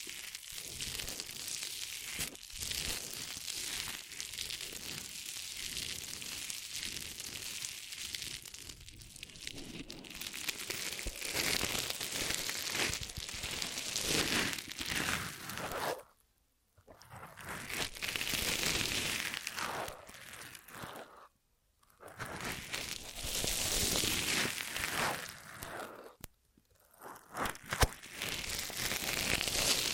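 Ear massage triggers: a dense, steady rustling and crinkling, bright and hissy, with quick scratchy textures throughout. The sound drops to full silence in brief gaps near 16, 21 and 26 seconds before resuming, with small sharp crackles scattered between.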